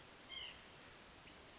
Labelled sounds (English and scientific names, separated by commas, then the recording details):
White-breasted Nuthatch (Sitta carolinensis)
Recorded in Sonoma County, California